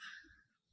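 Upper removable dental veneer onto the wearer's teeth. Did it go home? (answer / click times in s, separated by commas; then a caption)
no / none. A removable snap-on upper dental veneer is handled as the wearer fits it over her upper teeth. A soft, airy high-pitched rustle at the start fades over about 0.8 seconds, with faint low thumps underneath. Nothing has seated or clicked yet.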